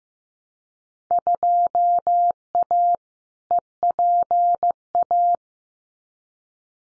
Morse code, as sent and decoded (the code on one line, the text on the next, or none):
..--- .- / . .--. .-
2A EPA